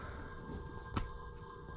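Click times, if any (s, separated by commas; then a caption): none. The plastic end cap of a twist-grip bicycle shifter is lined up and pushed back onto the shifter barrel so the barrel will not come apart. Faint handling noise, including a brief tap near 1.0 s, sits over a steady background hum. Nothing has seated or clicked yet; the cap is still being handled.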